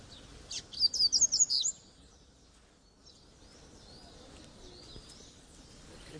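Double-collared seedeater singing a short burst of high, rapid chirping notes lasting about a second, then faint thin calls over low background hiss.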